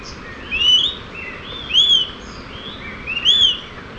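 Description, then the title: Smoke-colored pewee calls: three clear, arched whistled notes at intervals of a second or more, with fainter similar notes between them over a steady background hiss. Subspecies ardosiacus. "LuckyPassaro Completos2Sama. Smoke-colored Pewee (Contopus fumigatus ardosiacus)"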